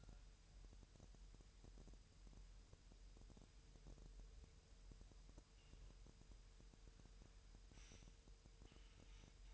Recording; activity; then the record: daily activity, microphone in the room; wipe stove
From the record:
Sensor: 2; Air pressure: 1000.9 hPa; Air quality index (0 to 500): 249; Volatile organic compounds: 99 ppm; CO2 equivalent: 3749 ppm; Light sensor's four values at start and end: 10/23/10/10 and 10/23/10/10